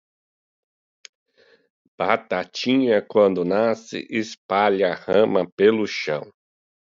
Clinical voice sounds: short text; Brazilian Portuguese; male; 30 to 39 years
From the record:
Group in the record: control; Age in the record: 35 years

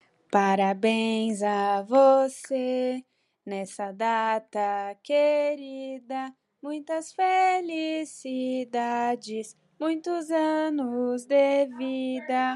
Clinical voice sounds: short text; Brazilian Portuguese; female; 20 to 29 years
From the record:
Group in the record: control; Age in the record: 21 years

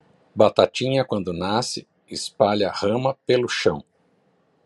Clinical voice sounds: short text; Brazilian Portuguese; male; 50 to 59 years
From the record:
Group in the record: control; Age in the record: 54 years

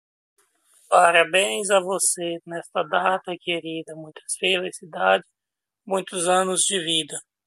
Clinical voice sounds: short text; Brazilian Portuguese; male; 30 to 39 years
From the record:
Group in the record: control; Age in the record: 39 years

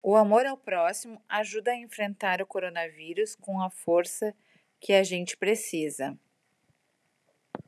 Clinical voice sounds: spoken sentence; Brazilian Portuguese; female; 50 to 59 years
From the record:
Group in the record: control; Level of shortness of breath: 0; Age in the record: 51 years

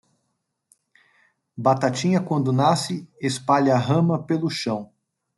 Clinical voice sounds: short text; Brazilian Portuguese; male; 30 to 39 years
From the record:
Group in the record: control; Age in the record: 36 years

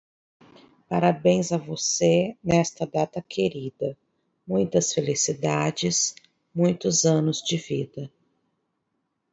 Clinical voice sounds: short text; Brazilian Portuguese; female; 30 to 39 years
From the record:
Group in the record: control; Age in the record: 35 years

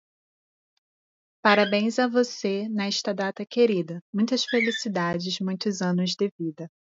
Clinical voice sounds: short text; Brazilian Portuguese; female; 30 to 39 years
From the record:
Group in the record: control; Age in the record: 35 years

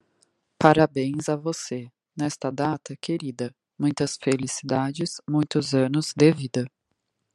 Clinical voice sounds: short text; Brazilian Portuguese; female; 30 to 39 years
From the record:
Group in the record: control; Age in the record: 37 years

